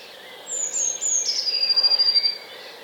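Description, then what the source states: Eurasian blue tit song, a high thin whistle stepping down in pitch and running into a quick rippling trill. Fairly high-pitched song of a blue tit in a British garden.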